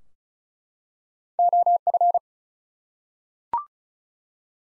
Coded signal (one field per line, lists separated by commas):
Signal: Morse code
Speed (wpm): 36 wpm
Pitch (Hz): 700 Hz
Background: none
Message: OF